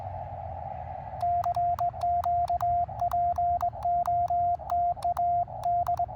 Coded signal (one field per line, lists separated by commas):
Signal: Morse code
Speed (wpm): 21 wpm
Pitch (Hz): 700 Hz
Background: radio noise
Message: CQ POTA D